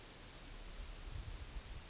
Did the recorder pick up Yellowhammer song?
no